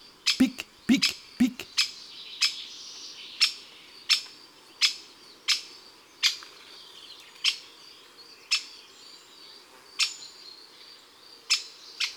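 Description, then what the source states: Great spotted woodpecker calls, sharp high 'kik' notes repeated about once a second or a little less often, with a few louder clicks at the start. Recorded in January.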